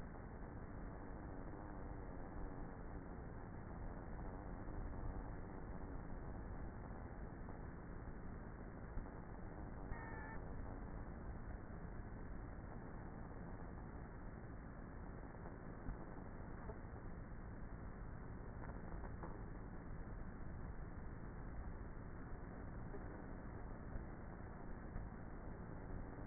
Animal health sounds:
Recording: honeybee colony, microphone inside the hive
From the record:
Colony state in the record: queenless with a low population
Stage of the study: before two queens were removed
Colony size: about 30,000 bees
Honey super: no

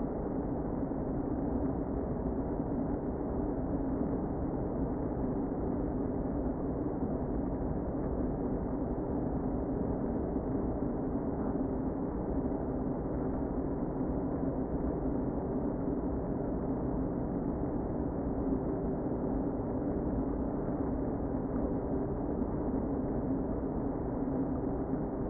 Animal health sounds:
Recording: honeybee colony, microphone inside the hive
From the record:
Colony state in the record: queen present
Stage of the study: before two queens were removed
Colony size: about 60,000 bees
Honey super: yes

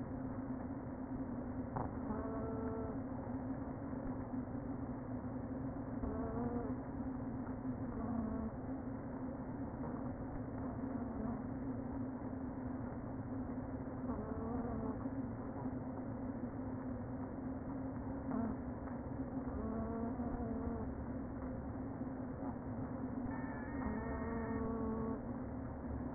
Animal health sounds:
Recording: honeybee colony, microphone inside the hive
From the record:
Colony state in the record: queen present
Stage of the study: before two queens were removed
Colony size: about 60,000 bees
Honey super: yes

